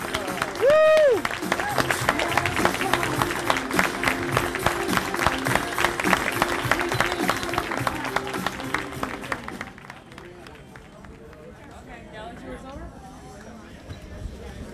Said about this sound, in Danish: Tjenere, kokke, kommer ned som fremkaldelsen ved køkkenet til en konfirmation, og får altså en meget, meget velfortjent, kæmpestort bifald. Stående ovationer.